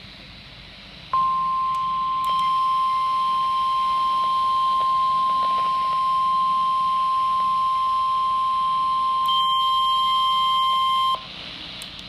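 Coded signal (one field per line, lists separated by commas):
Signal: Emergency Alert System (SAME) tones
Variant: 1050 Hz attention tone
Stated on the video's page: High wind watch alerts received on a weather radio with a weak, unclear signal; the watch alarm tone was shut off right away.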